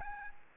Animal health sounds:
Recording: mosquito wingbeat signal from an infrared sensor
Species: Aedes albopictus

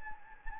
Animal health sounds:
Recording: mosquito wingbeat signal from an infrared sensor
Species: Anopheles gambiae

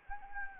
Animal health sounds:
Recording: mosquito wingbeat signal from an infrared sensor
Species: Anopheles arabiensis

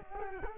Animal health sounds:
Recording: mosquito wingbeat signal from an infrared sensor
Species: Culex quinquefasciatus

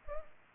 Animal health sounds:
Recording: mosquito wingbeat signal from an infrared sensor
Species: Culex pipiens

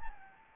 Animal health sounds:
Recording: mosquito wingbeat signal from an infrared sensor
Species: Anopheles gambiae

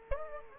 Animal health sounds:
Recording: mosquito wingbeat signal from an infrared sensor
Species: Aedes aegypti

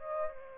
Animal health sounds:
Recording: mosquito wingbeat signal from an infrared sensor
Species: Aedes aegypti

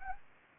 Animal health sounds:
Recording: mosquito wingbeat signal from an infrared sensor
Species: Anopheles gambiae

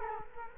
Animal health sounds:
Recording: mosquito wingbeat signal from an infrared sensor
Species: Culex quinquefasciatus

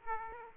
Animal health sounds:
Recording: mosquito wingbeat signal from an infrared sensor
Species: Aedes aegypti

